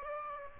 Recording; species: mosquito wingbeat signal from an infrared sensor; Aedes aegypti